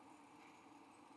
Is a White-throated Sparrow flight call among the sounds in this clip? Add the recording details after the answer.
no. No flight call is heard. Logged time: 02:50 on 5 December 2014